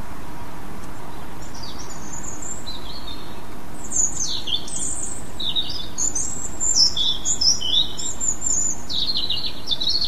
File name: rouge gorge